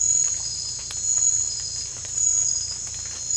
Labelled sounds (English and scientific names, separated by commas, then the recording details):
none
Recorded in secondary vegetation near Puerto Asís, Putumayo, Colombia, on 18 December 2024 at 01:00
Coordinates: 0.499, -76.323
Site G010